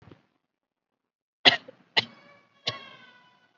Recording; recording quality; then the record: shallow voluntary cough; excellent, no background noise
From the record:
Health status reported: COVID-19 positive, mild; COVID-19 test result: positive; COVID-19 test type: RT-PCR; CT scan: not taken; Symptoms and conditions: none ticked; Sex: female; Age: 25 years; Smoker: no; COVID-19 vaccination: none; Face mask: not worn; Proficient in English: yes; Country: India